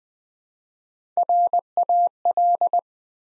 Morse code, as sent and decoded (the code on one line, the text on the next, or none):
.-. .- .-..
RAL